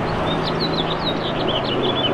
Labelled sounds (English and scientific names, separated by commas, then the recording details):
House Finch (Haemorhous mexicanus) song
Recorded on Long Island, New York, on 21 April 2011
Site PW
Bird A